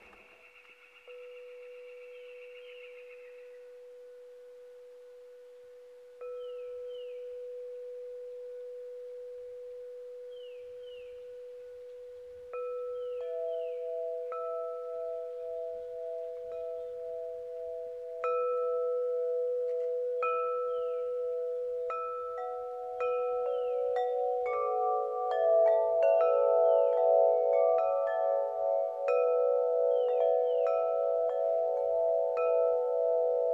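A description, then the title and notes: Wind chimes ring with long, sustained tones, struck a few times at first, then more often as overlapping notes build and grow louder. Wind Chimes in Moonlight.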